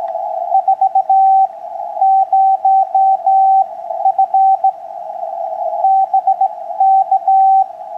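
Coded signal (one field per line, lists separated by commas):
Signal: Morse code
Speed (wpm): 18 wpm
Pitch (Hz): 770 Hz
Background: radio noise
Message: 4 0 F BK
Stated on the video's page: Straight key Morse received on 40 meters.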